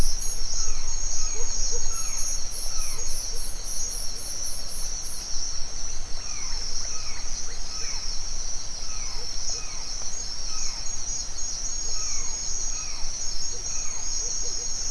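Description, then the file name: Crickets trill in a steady, unbroken high-pitched drone, with a brief pulsed buzz early on, repeated descending bird whistles, and short low notes beneath. Forest at dawn in Mexico; birds also heard. "nature ambience forest dawn owl birds crickets insects mexico"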